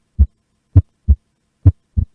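Simulated heart sounds with a physiological split S2: the second heart sound separates into two components during inspiration and merges back into a single sound during expiration.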